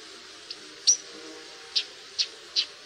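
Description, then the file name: Red-backed shrike calls: five short, sharp chacking notes, one with a thin whistled edge, spaced irregularly over low background hum. "tornskate"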